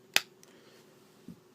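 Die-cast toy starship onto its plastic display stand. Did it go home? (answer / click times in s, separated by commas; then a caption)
yes / 0.2 s. A Hot Wheels Star Wars Boba Fett's Slave I Exclusive Golden die-cast starship is pressed onto the peg of its plastic display stand, which bears a Mandalorian symbol. It snaps into place with one sharp, bright click at 0.2 s, followed by a faint tick at 0.4 s and a soft low thump around 1.3 s. The ship is seated on the stand.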